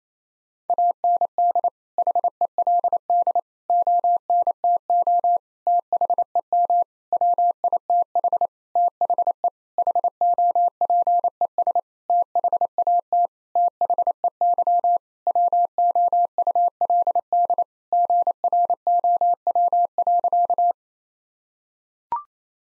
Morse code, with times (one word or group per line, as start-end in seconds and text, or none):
0.7-1.7 AND
2.0-3.4 HELD
3.7-5.4 ONTO
5.7-6.8 THEM
7.1-8.5 WITH
8.8-9.5 THE
9.8-11.8 HOPES
12.1-13.3 THAT
13.6-15.0 THEY
15.3-17.6 WOULD
17.9-20.7 GROW.